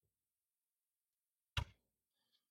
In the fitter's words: Once it pops into place, you can then come back down to the bottom part of your fridge door and tighten it on.